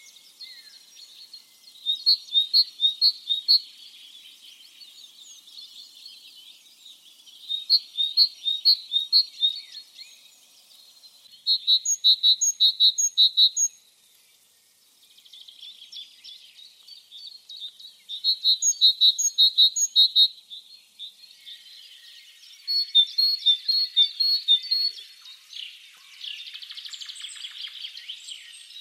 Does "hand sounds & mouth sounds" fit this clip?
no